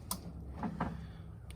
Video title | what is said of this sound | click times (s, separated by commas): Getting your Lawnmower ready Before the Season!! Oil, Air, Fuel, and Spark Plug! | may have heard that click but you want to make sure that that happens | 0.1 s